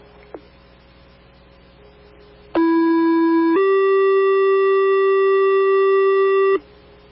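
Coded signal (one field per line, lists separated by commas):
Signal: two-tone page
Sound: quiet, then a buzzy 1-second tone stepping up to a steady 3-second tone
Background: scanner radio hiss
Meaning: Alert for a structure fire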